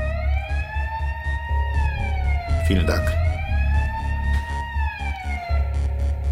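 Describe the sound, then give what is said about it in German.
A smoke detector alarm, set off by people smoking, blares loudly and continuously as a steady, high electronic tone that dips and climbs once midway. A short spoken phrase comes through underneath. “Wir haben geraucht und nicht an die Rauchmelder gedacht. Können Sie das abstellen?”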